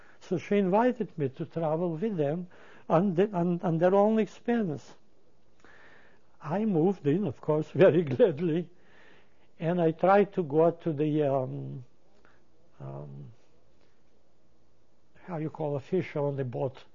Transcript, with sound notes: So she invited me to travel with them on their own expense. I moved in, of course, very gladly (he laughs) and I tried to go to the, how do you call the official on the boat